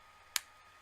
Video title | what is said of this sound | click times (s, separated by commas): Hardware Review: JUUL by Pax Labs | take your pod clicks into place light comes on to indicate that you've got a pot in there | 0.4 s